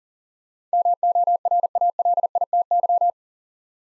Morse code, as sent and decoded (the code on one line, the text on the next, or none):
-- --- .-. .- .-.. .. - -.--
MORALITY